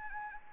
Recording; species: mosquito wingbeat signal from an infrared sensor; Anopheles arabiensis